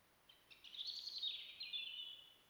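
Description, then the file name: European robin song, a rich warbling phrase of tumbling high notes rising and falling before a drawn-out thin whistle. "Erithacus rubecula"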